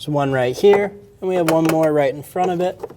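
Two plastic locking tabs on the bottom of a 2012-2022 Volkswagen Passat car door are handled during a door lock actuator replacement while someone talks. Nothing has seated or clicked yet; neither tab has been closed and locked into place by the end of the clip.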